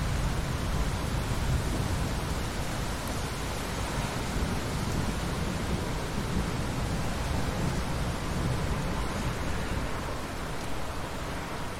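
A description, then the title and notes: Rain falls in a steady, dense hiss that fills the whole clip without letup, from deep rumble to bright fizz. A low, rolling rumble of thunder swells and fades underneath, strongest in the bottom end, while the overall level stays nearly constant throughout. Rain and the Sound of Thunder at Night.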